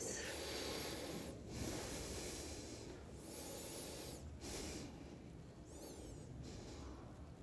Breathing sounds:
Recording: deep breathing after running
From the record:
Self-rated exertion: moderate exertion (3 of 6)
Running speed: 7 miles an hour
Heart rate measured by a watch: 115 beats a minute at the start, 118 at the end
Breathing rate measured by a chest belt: 11 breaths a minute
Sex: male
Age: 57 years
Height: 170 cm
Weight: 58 kg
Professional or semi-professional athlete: no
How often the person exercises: 3 to 5 times a week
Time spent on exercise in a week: 4 to 5 hours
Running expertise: no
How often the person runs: 3 to 5 times a week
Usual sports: running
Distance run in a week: 50 km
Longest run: 50 km

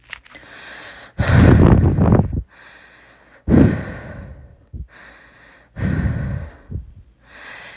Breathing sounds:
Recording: deep breathing after running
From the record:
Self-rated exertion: moderate exertion (3 of 6)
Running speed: 5 miles an hour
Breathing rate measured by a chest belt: 29 breaths a minute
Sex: female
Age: 18 years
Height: 171 cm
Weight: 75 kg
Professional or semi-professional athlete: no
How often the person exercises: 1 to 2 times a week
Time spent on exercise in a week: under 1 hour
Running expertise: no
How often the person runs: 1 to 2 times a week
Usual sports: running, fencing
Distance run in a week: 3 km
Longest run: 21.3 km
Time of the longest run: 190 minutes

